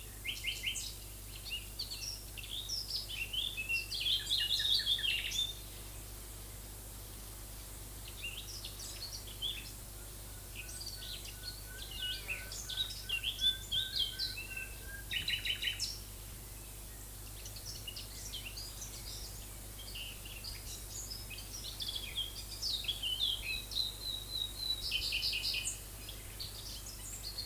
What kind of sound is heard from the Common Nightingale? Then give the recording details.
song. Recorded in the wild. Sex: male. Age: adult. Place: Lübars (Fließtal), Berlin, DE. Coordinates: 52.6175, 13.3625. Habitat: wood. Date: 2004-05-02 12:30. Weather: overcast, 15°C. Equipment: Fair Mate ST-1328 (Asahi Electronics, Japan), Sennheiser ME 80, Kopie Uher 4000 Report Monitor. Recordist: Tembrock, Günter